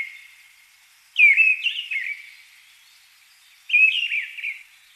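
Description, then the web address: Mistle thrush song: two short, loud whistled phrases of slurred notes, separated by a pause. "Deryaba Turdus viscivorus - Penie. song Deryaba Turdus viscivorus - drozd deryaba"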